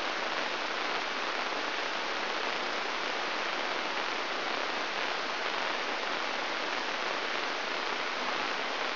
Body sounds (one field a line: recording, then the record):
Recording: brain microelectrode recording played as sound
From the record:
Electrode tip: inside the subthalamic nucleus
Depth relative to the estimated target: 0 mm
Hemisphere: right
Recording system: AlphaMap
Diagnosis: Parkinson's disease